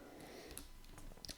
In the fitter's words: uh you hear a click each click is for the photogram